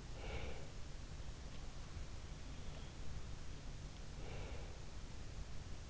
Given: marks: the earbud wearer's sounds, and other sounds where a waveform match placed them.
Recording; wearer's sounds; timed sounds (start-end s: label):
sounds in sleep by an in-ear microphone; breath
0.00-0.77 s: breath
4.09-4.91 s: breath